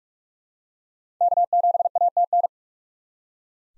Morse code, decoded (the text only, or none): K7ATN